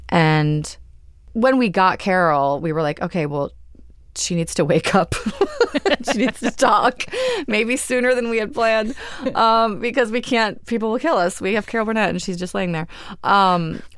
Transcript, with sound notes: And when we got Carol, we were like, OK, well, she needs to wake up.
(LAUGHTER)
She needs to talk, maybe sooner than we had planned. Because we can't - people will kill us. We have Carol Burnett, and she's just laying there.